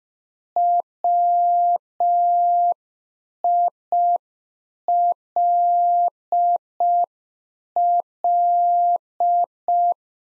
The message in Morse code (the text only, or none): WILL